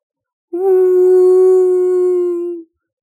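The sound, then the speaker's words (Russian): A fox standing on white marble and staring at a portrait cries out in one long, mournful howl, a steady mid-pitched wail that holds for about two seconds, loud, before cutting off abruptly. “Чуфи, не надо! Не плачь! Все хорошо!”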